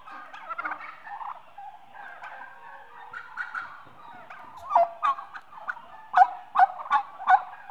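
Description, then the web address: Turkeys giving overlapping chattering calls, building to a series of loud sharp yelps in the last three seconds. A group of eight-month-old domestic turkeys, mostly hens, recorded as livestock. "BBC Sound Effects Library BBC 35-Livestock 2 8 Month Old Turkeys- Mostly Hens"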